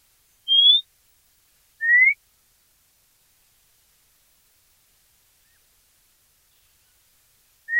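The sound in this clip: White monjita calls: short pure whistles sliding slightly upward, first a higher note, then a lower one about a second later, and another after a long pause.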